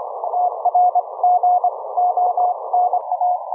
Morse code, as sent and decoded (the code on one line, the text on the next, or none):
- .-. --. --- -. .-
TRGONA